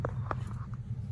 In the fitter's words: it's here right you push up and it snaps right out